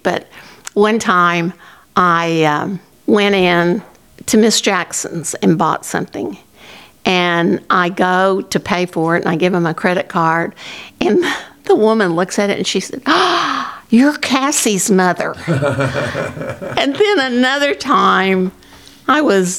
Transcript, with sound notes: But one time I went into Miss Jackson's and bought something and I go to pay for it and I give them a credit card and the woman looks at it and she said, "You're Cassie's mother." (Laughing) And then another time I was...